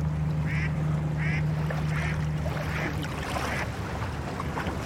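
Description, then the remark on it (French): A passing flat barge, apparently carrying sand, gives a low, steady engine drone that fades out over a few seconds as its waves lapping beneath it gently diminish, while short, regularly spaced duck-like calls sound above the hum. “Ce que je trouve très agréable là, c'est de à la fois d'entendre la façon dont les vagues doucement diminuent et s'éteignent, et en même temps que le bateau, le bruit du bateau doucement s'éloigne.”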